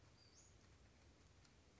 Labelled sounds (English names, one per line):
Western Flycatcher